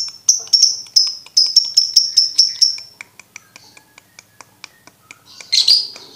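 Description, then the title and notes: Lovebird chatter: a quick run of shrill squeaks, fading to soft ticks, then a harsh burst at the end. For birds to learn the ngekek song style. "MASTERAN BURUNG. Belajar Ngekek. lofbet"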